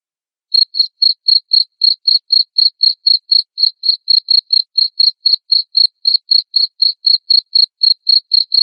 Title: Suara JANGKRIK NGERIK Keras Bikin LOVEBIRD Jadi NGEKEK Terus Vubey